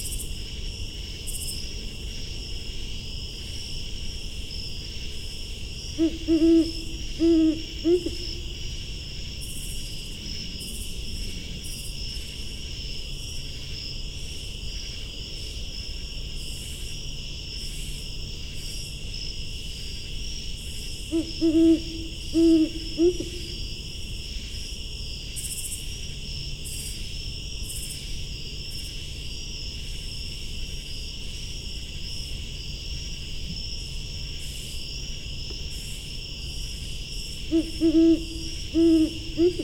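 A great horned owl calls from a forest, giving a short series of deep hoots about every fifteen seconds, near 6, 21 and 37 seconds. A steady, high chorus of insects or crickets fills the background throughout, over a low, soft rumble.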